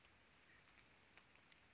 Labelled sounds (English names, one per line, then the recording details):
Chestnut-backed Chickadee
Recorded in Sonoma County, California